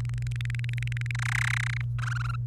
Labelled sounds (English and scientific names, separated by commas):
Domestic Canary (Serinus canaria) song